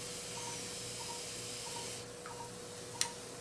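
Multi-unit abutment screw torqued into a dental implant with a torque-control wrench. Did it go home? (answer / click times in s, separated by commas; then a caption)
yes / 3.0 s. A multi-unit abutment screw is tightened into a dental implant with a torque-control wrench set to 30 Ncm, over a steady background hiss and hum with faint repeated soft ticks as the wrench turns. At 3.0 s a sharp, bright click marks the wrench reaching its 30 Ncm setting, confirming the screw is torqued.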